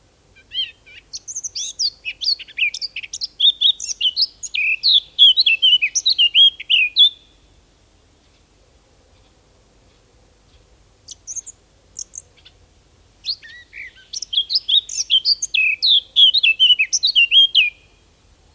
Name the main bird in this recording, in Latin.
Sylvia atricapilla